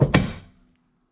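A removable tow ball mount, taken off by twisting, is pushed back into the hitch receiver on a Tesla Model 3. After a first dull knock at the start, it locks into place with a loud metallic thunk at 0.2 s, which rings down over about half a second before a faint tick at 0.8 s. The ball mount is seated and locked in the receiver.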